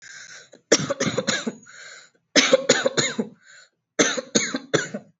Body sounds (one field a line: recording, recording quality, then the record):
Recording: shallow voluntary cough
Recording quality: excellent, no background noise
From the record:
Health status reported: healthy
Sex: female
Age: 33 years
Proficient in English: yes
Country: India